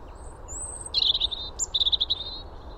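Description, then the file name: European robin song: a high thin whistle, then two bursts of rapid rippling trills separated by a short sharp note. "Erithacus rubecula"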